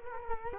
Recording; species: mosquito wingbeat signal from an infrared sensor; Culex quinquefasciatus